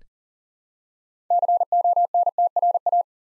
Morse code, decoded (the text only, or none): CONTRA